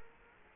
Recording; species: mosquito wingbeat signal from an infrared sensor; Culex quinquefasciatus